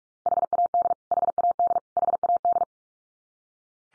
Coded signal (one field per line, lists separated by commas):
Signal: Morse code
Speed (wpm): 44 wpm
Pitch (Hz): 700 Hz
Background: none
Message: HAD HAD HAD